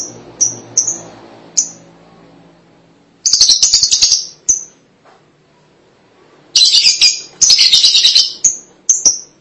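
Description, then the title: Lovebird calls: a few spaced high chirps, then two loud bursts of rapid, harsh chattering separated by a quiet gap. "BM Suara Burung Lovebird"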